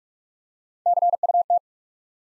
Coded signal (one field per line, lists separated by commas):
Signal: Morse code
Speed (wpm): 44 wpm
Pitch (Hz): 700 Hz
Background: none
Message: C U T